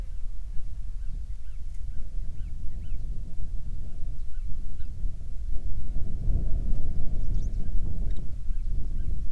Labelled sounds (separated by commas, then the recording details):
songbird, wind, insects
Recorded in the Prudhoe Bay oil fields, Alaska, on 7 July 2019 at 00:03
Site 16